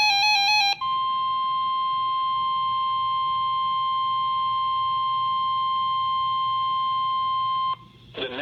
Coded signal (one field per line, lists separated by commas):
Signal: Emergency Alert System (SAME) tones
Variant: 1050 Hz attention tone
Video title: EAS #1676 - Severe Thunderstorm Warning 7-1-2017